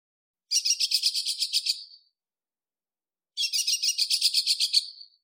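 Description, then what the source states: Nightingale song: two dense, rattling phrases of rapid pulsed notes, each about one and a half seconds long and separated by a pause, against an otherwise silent background. Field recording, desert setting.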